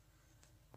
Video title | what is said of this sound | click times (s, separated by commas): Installation kitchen door handles | pas les inverser il ya un os et mba donc ça s'enclenche dans la charnière voilà | 0.4 s, 0.7 s